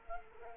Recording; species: mosquito wingbeat signal from an infrared sensor; Culex quinquefasciatus